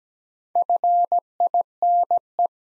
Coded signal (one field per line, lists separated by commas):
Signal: Morse code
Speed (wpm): 17 wpm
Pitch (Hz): 700 Hz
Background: none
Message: FINE